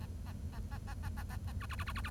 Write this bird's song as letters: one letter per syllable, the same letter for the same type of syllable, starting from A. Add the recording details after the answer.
A A A A A A A A A B B B B B B. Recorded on 1 October 2012 at 10:44. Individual or60yw70